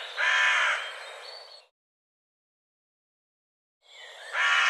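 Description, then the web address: Bird call, a harsh caw-like burst with a fading tail, then silence for about two seconds before a second rough call begins. "cianscape birddata Deverinetal"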